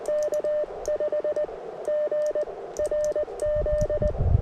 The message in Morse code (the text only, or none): K5GRZ